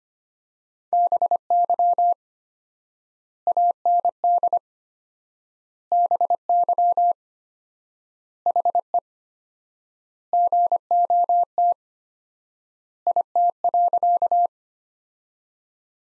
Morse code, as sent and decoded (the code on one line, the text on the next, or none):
-... -.-- / .- -. -.. / -... -.-- / .... . / --. --- - / .. - .-.-.-
BY AND BY HE GOT IT.